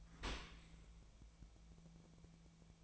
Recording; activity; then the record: daily activity, microphone in the room; open dishwasher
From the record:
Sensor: 1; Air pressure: 1000.5 hPa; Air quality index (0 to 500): 181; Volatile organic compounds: 4 ppm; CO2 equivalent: 1663 ppm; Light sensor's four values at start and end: 10/26/10/12 and 10/26/10/12